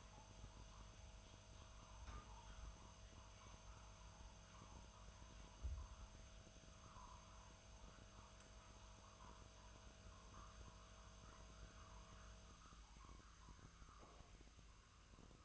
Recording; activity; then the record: daily activity, microphone in the room; make coffee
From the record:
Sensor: 2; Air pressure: 1009.2 hPa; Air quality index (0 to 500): 187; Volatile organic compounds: 11 ppm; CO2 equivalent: 2324 ppm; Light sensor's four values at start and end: 24/59/25/27 and 24/59/25/27